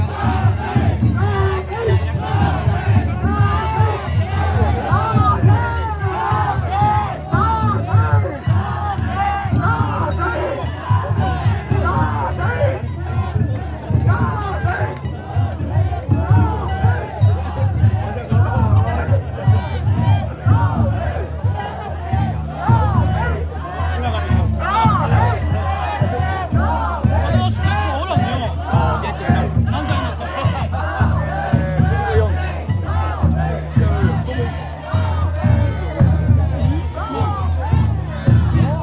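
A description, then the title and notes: A Shinto festival in the Kazanashi and Kazato districts of Shika, Ishikawa, Japan: a dense crowd of voices talks and calls out continuously, with shouts rising above the babble. The level stays steady throughout, with a low rumble underneath and no clear pauses. 夏の耳 西海祭り2023. Japanese Shinto ritual 石川県羽咋郡志賀町西海風無地区・風戸地区の祭り.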